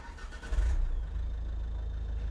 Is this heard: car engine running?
yes